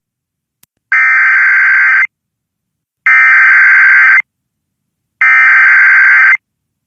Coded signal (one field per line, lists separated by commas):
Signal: Emergency Alert System (SAME) tones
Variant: header bursts